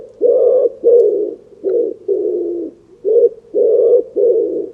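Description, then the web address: Bird cooing: deep, soft hooting notes repeated in an uneven series, some short and some drawn out, against a quiet background. "cianscape. Deverinetal. Bird Only"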